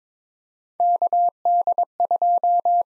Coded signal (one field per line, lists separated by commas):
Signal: Morse code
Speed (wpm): 22 wpm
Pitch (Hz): 700 Hz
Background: none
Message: KD2